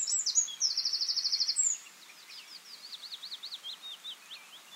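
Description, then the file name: Eurasian wren delivering a loud, fast, metallic trill of evenly repeated notes, followed by a softer warbling stretch with steady background hiss. "Troglodytes troglodytes"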